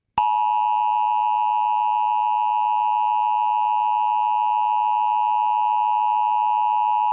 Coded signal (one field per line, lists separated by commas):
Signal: Emergency Alert System (SAME) tones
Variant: 853 and 960 Hz attention tone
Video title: EAS- Mid March 2023 PSR Flash Flood Warning (FFW) on KTAR-FM 92.7 (March 15, 2023)